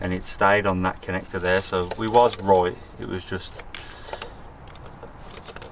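On a Hyundai Kona N, someone talks while turning the orange male/female wiring plug of a GTS Race Chip tuning module the right way round, since it had been the wrong way, to fit it into its mating engine sensor connector in the engine bay. After the talk, quiet handling noises follow, with brief sharp ticks around 4.1–4.2 s and 5.4–5.6 s. The plug has not yet been pushed home, and nothing has seated or clicked by the end of the clip.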